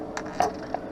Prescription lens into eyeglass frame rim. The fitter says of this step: I press down on the nose. It snaps right in.